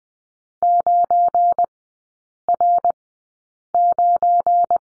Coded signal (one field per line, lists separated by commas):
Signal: Morse code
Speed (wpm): 20 wpm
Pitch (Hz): 700 Hz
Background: none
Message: 9R9